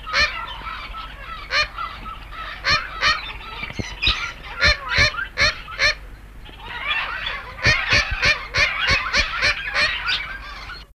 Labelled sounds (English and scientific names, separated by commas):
Horned Parakeet (Eunymphicus cornutus) call